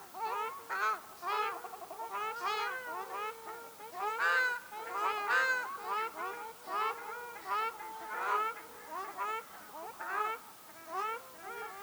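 Ruddy shelduck honks, nasal notes from several birds in clustered bursts throughout.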